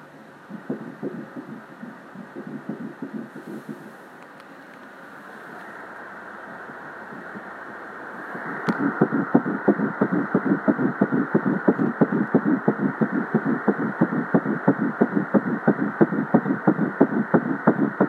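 Rapid, regular whooshing pulses at about 180 a minute. They are faint at first, then stronger and steady after a short gap. This is the heartbeat of a fetus at 8 weeks of pregnancy, at the fast rate expected this early.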